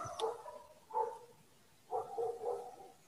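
Dog barking: several short barks spread out, the last few coming in quicker succession, faint against a quiet background.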